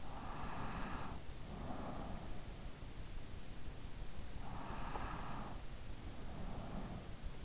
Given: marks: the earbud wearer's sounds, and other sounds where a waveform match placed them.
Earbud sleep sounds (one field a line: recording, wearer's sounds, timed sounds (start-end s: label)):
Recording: sounds in sleep by an in-ear microphone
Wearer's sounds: breath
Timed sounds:
0.00-2.42 s: breath
4.59-7.20 s: breath